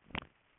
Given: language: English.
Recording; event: throat vibration sensor signal played as sound; swallow